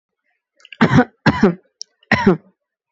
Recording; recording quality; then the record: shallow voluntary cough; excellent, no background noise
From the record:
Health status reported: healthy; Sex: female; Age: 21 years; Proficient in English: yes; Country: India